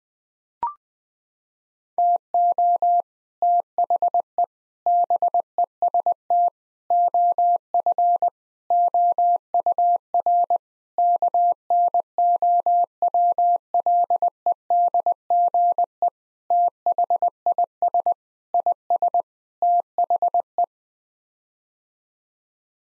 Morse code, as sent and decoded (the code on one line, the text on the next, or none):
- --- / - .... . / -... . ... - / --- ..-. / --- ..- .-. / -.- -. --- .-- .-.. . -.. --. . / - .... .. ... / .. ... / - .... .
TO THE BEST OF OUR KNOWLEDGE THIS IS THE